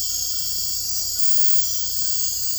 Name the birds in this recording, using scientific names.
none